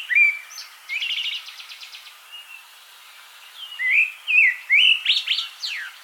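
Thrush singing varied phrases: a whistled note and a quick buzzy rattle, then a pause and a run of sharp rising and falling whistled notes toward the end.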